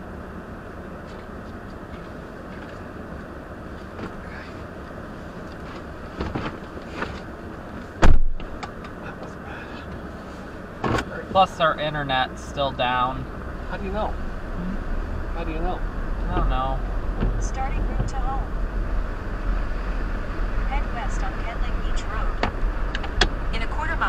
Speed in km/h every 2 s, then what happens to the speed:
2, 0, 0, 0, 0, 0, 0, 15, 16, 16, 16, 16.
0-13 standing. 13-15 pulls away to 16. 15-24 steady at about 16.